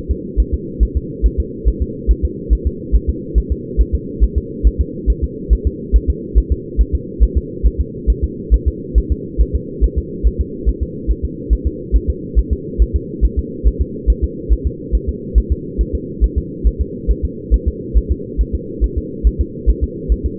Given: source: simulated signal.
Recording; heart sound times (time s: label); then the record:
fetal heart sounds
0.11 s: S2
0.40 s: S1
0.54 s: S2
0.83 s: S1
0.97 s: S2
1.26 s: S1
1.40 s: S2
1.68 s: S1
1.82 s: S2
2.11 s: S1
2.25 s: S2
2.53 s: S1
2.67 s: S2
2.95 s: S1
3.09 s: S2
3.38 s: S1
3.52 s: S2
3.81 s: S1
3.95 s: S2
4.24 s: S1
4.38 s: S2
4.67 s: S1
4.81 s: S2
5.10 s: S1
5.24 s: S2
5.53 s: S1
5.67 s: S2
5.96 s: S1
6.10 s: S2
6.38 s: S1
6.52 s: S2
6.81 s: S1
6.95 s: S2
7.23 s: S1
7.37 s: S2
7.66 s: S1
7.80 s: S2
8.10 s: S1
8.24 s: S2
8.54 s: S1
8.68 s: S2
8.98 s: S1
9.12 s: S2
9.41 s: S1
9.55 s: S2
9.84 s: S1
9.98 s: S2
10.27 s: S1
10.41 s: S2
10.69 s: S1
10.83 s: S2
11.11 s: S1
11.25 s: S2
11.53 s: S1
11.67 s: S2
11.96 s: S1
12.10 s: S2
12.39 s: S1
12.53 s: S2
12.82 s: S1
12.96 s: S2
13.25 s: S1
13.39 s: S2
13.67 s: S1
13.81 s: S2
14.10 s: S1
14.24 s: S2
14.53 s: S1
14.67 s: S2
14.95 s: S1
15.09 s: S2
15.38 s: S1
15.52 s: S2
15.81 s: S1
15.95 s: S2
16.24 s: S1
16.38 s: S2
16.67 s: S1
16.81 s: S2
17.11 s: S1
17.25 s: S2
17.54 s: S1
17.68 s: S2
17.97 s: S1
18.11 s: S2
18.41 s: S1
18.55 s: S2
18.84 s: S1
18.98 s: S2
19.27 s: S1
19.41 s: S2
19.69 s: S1
19.84 s: S2
20.12 s: S1
20.26 s: S2
From the record:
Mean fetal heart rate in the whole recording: 140 bpm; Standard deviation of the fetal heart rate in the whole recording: 2 bpm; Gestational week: 34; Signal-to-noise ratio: -4.1 dB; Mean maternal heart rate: no maternal heart sound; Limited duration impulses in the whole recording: absent